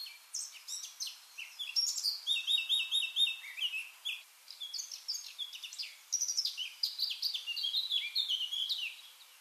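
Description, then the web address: Eurasian blackcap song, a rapid jumbled warble of scratchy and clear whistled notes, rising and falling, with brief gaps between phrases. "SETE data Sylvia atricapilla"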